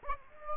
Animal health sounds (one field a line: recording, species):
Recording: mosquito wingbeat signal from an infrared sensor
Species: Aedes aegypti